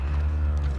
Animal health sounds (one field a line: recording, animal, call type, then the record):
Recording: contact call of a hoofed animal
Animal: cattle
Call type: low-frequency (closed-mouth) or high-frequency (open-mouth) call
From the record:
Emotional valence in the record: negative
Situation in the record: full separation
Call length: 0.79 s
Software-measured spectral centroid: 1600 Hz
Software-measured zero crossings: 230 a second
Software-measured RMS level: -24 dBFS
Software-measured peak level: -16 dBFS